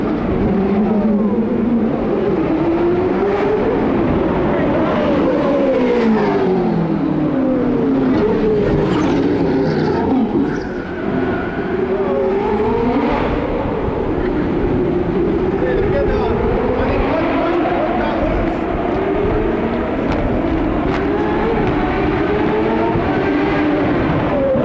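IndyCar engines roar around the street circuit in a continuous dense wash, pitch rising and falling in waves as cars accelerate and brake.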